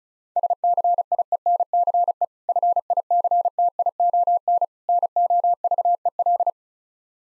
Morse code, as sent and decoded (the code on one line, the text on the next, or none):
... -.-. .. . -. -.-. . / ..-. .. -.-. - .. --- -. / -. --- ...- . .-..
SCIENCE FICTION NOVEL